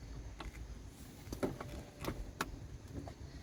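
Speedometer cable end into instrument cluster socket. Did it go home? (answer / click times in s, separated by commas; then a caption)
yes / 2.4 s. A speedometer cable end is pushed into its socket on the back of the instrument cluster of a 1980–86 Ford F-150 bullnose truck. Several small knocks and rattles lead up to a sharp snap at 2.4 s as the cable end locks into place.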